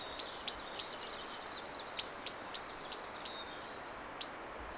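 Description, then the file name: Common blackbird sharp clicking calls, bright high 'tix' notes in a quick burst of three, then a string of five, then one more, over faint background hiss. "Turdus merula"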